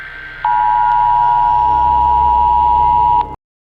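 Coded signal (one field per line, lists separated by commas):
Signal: Emergency Alert System (SAME) tones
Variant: 853 and 960 Hz attention tone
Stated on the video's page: Fictional EAS scenario, not a real alert.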